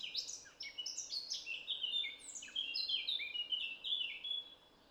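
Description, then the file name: Eurasian blackcap singing a rapid, continuous warble of varied high notes, scratchy and fluty phrases running together without pause. "Sylvia atricapilla"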